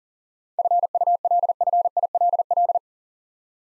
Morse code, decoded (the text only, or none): FULFILL